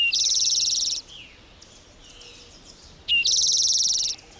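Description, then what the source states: Spotted Towhee song: a dry, buzzy high trill about one second long, given twice roughly three seconds apart, with faint soft notes between. Western form of the former rufous-sided towhee, split as a separate species over plumage, song and genetic differences; found in the west.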